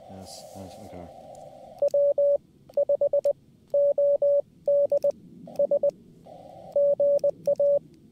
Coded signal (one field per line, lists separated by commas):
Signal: Morse code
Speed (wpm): 20 wpm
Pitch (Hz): 570 Hz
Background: speech, radio noise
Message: W5ODS GA